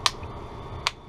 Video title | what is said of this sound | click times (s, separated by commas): William's Polo 2095 with Rx Anti Glare lenses | and it snaps right in I'm going to remove this block | 0.1 s, 0.9 s